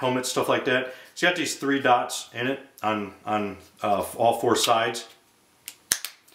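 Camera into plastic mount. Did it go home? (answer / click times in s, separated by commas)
yes / 5.9 s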